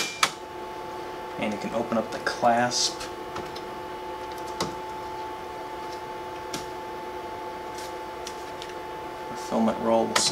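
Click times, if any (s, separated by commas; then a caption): 0.2 s. Filament spool holder rods at the back of a QIDI X-MAX 3D printer are pulled up until they lock into position, with a sharp metallic click at 0.2 s. Softer knocks and handling sounds follow over a steady hum, with music and someone talking. The rods are seated.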